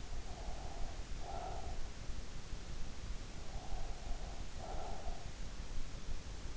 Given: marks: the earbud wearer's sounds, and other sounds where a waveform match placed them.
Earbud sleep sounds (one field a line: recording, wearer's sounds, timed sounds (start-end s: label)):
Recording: sounds in sleep by an in-ear microphone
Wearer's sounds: breath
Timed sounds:
0.24-1.81 s: breath
3.57-5.42 s: breath